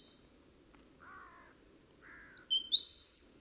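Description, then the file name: Great tit calls: two lower, harsh buzzy notes, then three sharp high chirps near the end. "Parus major"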